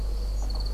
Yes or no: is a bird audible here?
yes